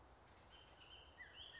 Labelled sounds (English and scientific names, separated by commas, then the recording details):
Bullock's Oriole (Icterus bullockii)
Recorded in Sonoma County, California